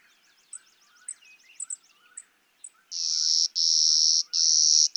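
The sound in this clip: Clay-colored sparrow: long, steady buzzes fill the second half, following a patch of quiet chirping and a faint rapid trill from other birds.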